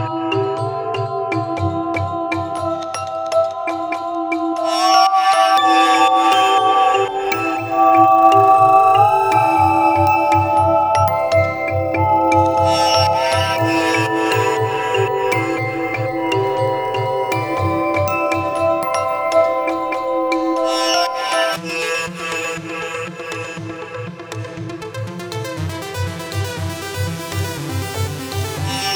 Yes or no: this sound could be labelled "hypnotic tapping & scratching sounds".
no